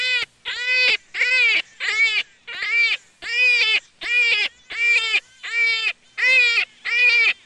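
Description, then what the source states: Jackrabbit wailing cries, harsh and harmonic with a bent, wavering pitch, repeated in quick succession, many bursts with short gaps between them. Juvenile.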